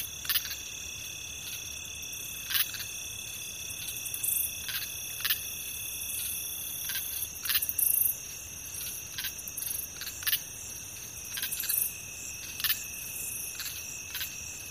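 Continuous high cricket trills on steady pitches, with many brief bursts of clicking spaced irregularly throughout.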